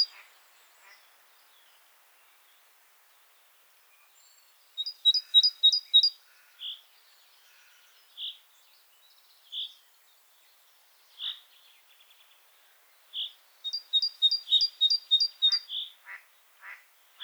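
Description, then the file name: Great tit song, two runs of sharp two-note phrases, separated by scattered rough, clipped notes. "Parus major"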